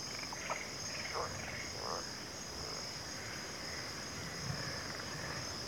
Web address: WLL Grade 1-12 Pre-Uni Library Enter Natures Songs Sleep Sounds of Nature CRICKETS Backwater Chorus